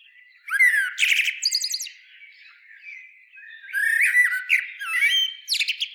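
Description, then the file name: Common blackbird giving two bursts of jumbled squeaky twittering mixed with short whistled slurs, with a quieter gap between them. "Turdus merula"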